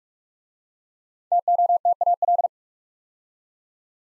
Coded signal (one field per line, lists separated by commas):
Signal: Morse code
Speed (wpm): 44 wpm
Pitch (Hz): 700 Hz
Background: none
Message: TOTAL